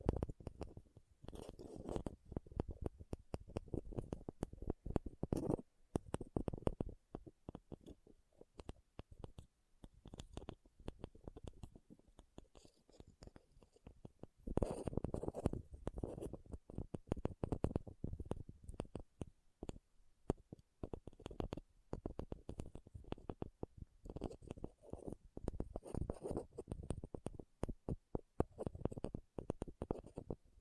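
Rhinestones are tapped and scratched in a dense, continuous run of quick clicks and rough scrapes. The sound is mostly low and muffled, with brief brighter ticks, and it swells into busier stretches around 2, 15 and 25 seconds without ever stopping.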